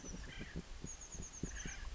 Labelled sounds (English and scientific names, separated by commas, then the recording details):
Chestnut-backed Chickadee (Poecile rufescens)
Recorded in Sonoma County, California